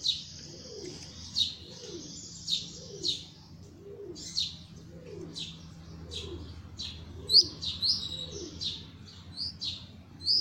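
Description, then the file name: Belgian canary singing in scattered bright chirps and short high trills, with a soft dove-like cooing repeated low beneath it. Copper-coloured Belgian canary. "canto do canario belga cobre"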